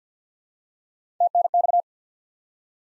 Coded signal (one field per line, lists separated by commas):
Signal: Morse code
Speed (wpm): 50 wpm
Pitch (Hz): 700 Hz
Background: none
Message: TNX